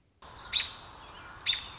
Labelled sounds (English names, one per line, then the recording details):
American Robin
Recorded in Sonoma County, California